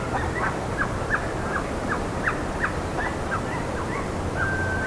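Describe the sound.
Bird calls, scattered short rising notes, and one long steady whistle near the end, over low rumble.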